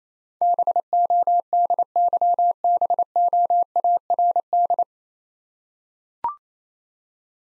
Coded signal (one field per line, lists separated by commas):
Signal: Morse code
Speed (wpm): 27 wpm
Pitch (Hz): 700 Hz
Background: none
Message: BODYBOARD